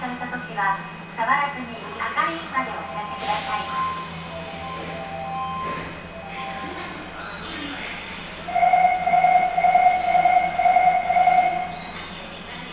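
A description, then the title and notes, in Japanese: A Nagoya Sakura-dori subway train hums steadily with a low drone, brief voices and tones early on, then a repeating electronic chime near the end. 名古屋市営地下鉄桜通線 太閤通→徳重。桜通線の太閤通から徳重までの全区間を乗った時のものです。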